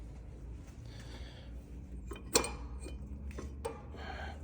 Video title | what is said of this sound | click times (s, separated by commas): 2009 Yamaha Raptor 700R Water Pump Rebuild, Thermostat, New Radiator Cap, & Coolant Bleed FULL VIDEO | see I just popped it out that side | 2.4 s